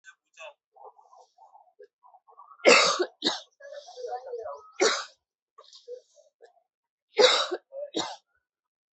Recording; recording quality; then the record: heavy voluntary cough; excellent, no background noise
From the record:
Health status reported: exposed to COVID-19, no respiratory illness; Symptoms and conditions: none ticked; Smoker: not ticked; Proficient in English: yes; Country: India